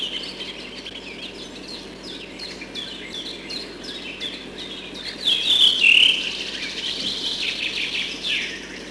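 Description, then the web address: Redwing song: a run of rapid high twittering notes, then a louder whistled phrase after midway, over a steady high background. Recorded in spring. "vremena vesna drozd belobrovik"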